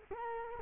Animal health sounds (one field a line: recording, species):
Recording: mosquito wingbeat signal from an infrared sensor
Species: Culex quinquefasciatus